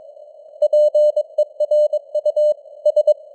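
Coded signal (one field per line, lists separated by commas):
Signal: Morse code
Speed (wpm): 22 wpm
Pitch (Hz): 600 Hz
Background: none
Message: PERU S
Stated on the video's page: News headlines sent in Morse at 22 wpm with simulated radio noise and varying signal strength (QSB).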